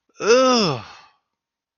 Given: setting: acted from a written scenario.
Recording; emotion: vocal sound without words; disgust